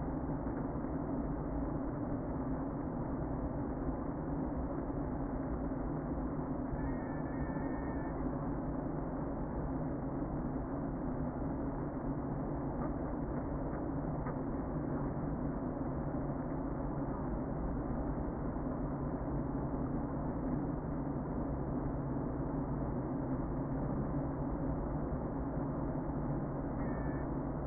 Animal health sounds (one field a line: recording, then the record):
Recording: honeybee colony, microphone inside the hive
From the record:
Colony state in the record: queen present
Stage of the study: before two queens were removed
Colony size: about 60,000 bees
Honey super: yes